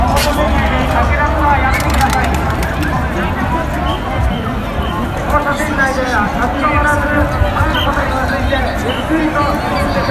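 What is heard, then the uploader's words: A dense Halloween crowd at Shibuya fills the clip with constant overlapping voices, a steady murmur with no pauses for the full ten seconds. Individual shouts and laughs poke out now and then, and a low rumble sits underneath throughout. Recorded of the sounds, noises and atmosphere at Shibuya Halloween Crowd 2021. Arranged using only the sound materials, not added other sounds from any instruments, synthesizer, modular and so on.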